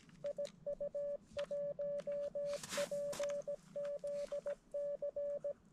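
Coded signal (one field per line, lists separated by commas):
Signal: Morse code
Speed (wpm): 17 wpm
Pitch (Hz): 580 Hz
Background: none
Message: IU1PZC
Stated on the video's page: QRP radio activity at a mountain bivouac.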